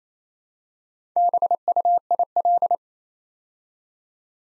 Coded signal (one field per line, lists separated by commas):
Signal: Morse code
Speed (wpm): 29 wpm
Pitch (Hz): 700 Hz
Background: none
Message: BUIL